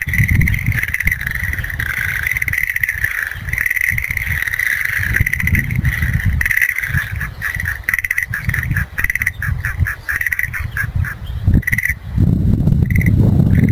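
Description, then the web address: Frogs trilling together in a dense, pulsing chorus that swells and fades, with low rumbles and bumps throughout and a louder burst of noise at the end. "~kp room. kaeru"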